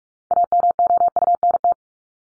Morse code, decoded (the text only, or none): AMOUNT